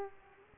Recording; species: mosquito wingbeat signal from an infrared sensor; Culex pipiens